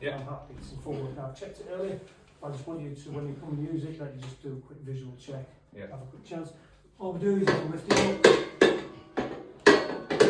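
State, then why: Seated. Someone talks while an adjustable handle or pad on a gym machine frame, likely the front handle or padding, is lifted up into position, with a run of sharp knocks and clatters in the last few seconds. It locks with a sharp mechanical click at 9.7 s, and a pull on it confirms it is locked in place.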